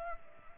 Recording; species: mosquito wingbeat signal from an infrared sensor; Culex pipiens